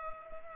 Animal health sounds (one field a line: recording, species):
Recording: mosquito wingbeat signal from an infrared sensor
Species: Culex pipiens